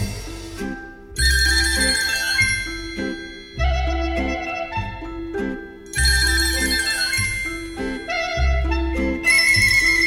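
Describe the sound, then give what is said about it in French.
A telephone's melodic electronic ringtone plays in a steady loop, each phrase lasting a couple of seconds over a low bass tone, with bright chiming notes repeating throughout at a fairly loud level. “7 coups de téléphone pour une seule personne, en une heure, ça fait beaucoup trop.”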